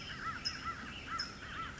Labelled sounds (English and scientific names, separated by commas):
California Towhee (Melozone crissalis)